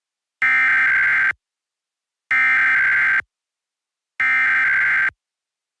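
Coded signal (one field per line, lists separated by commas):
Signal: Emergency Alert System (SAME) tones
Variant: header bursts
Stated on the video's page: Weekly test broadcast live on an internet radio station.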